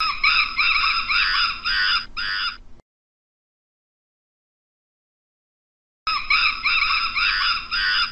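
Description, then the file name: Monkey shrieks: nearly three seconds of loud, harsh, pulsing squeals, a pause of silence, then another two-second bout of the same wavering screeches. "Tieng khi keu"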